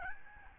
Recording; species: mosquito wingbeat signal from an infrared sensor; Aedes albopictus